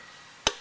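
The center pin of a plastic push-type trim rivet holding a motorcycle body cover is pressed in. It pops down with a single short, sharp snap at 0.5 s against a quiet, steady hiss. The rivet is released so it can be pulled out.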